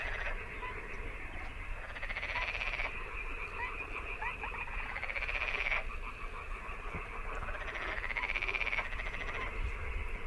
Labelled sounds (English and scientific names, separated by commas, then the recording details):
Little Crake (Porzana parva) call
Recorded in the wild
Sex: female
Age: adult
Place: Kützerhof, Kummerower See, Mecklenburg-Vorpommern, DE
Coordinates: 53.8583, 12.85
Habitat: wetland
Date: 2009-05-25 23:07
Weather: schwacher Wind aus Ost, klarer Himmel, ca. 15°C
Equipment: Sound Devices 702, Sennheiser MKH 70, Rycote Windschutz
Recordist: Frommolt, Karl-Heinz